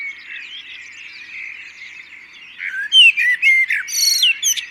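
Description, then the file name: Common blackbird song, soft warbling for the first seconds, then a louder fluty phrase ending in thin, high-pitched twitters. "Turdus merula"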